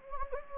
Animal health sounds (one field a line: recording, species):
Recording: mosquito wingbeat signal from an infrared sensor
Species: Anopheles gambiae